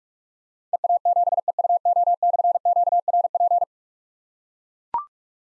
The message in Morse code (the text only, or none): EA7EUO/QRP